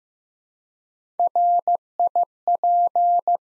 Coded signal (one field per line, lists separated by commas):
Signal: Morse code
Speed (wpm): 15 wpm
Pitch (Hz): 700 Hz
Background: none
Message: RIP